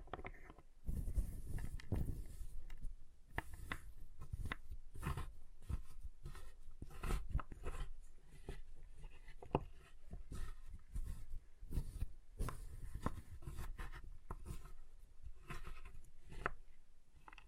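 Chalk is being carved and cut in a busy run of short scraping and scratching strokes, with brief crisp clicks scattered throughout. The strokes come irregularly, several per second, each a dry rasp with a low rub beneath. A quiet pause opens the first second.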